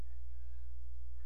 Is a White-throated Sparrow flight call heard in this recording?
no